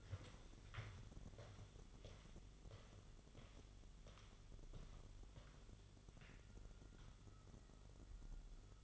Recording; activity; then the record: daily activity, microphone in the room; walk to room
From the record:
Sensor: 4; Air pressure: 1009.0 hPa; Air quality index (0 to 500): 138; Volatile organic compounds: 2 ppm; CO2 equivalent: 1004 ppm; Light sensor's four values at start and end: 12/28/11/11 and 14/32/13/12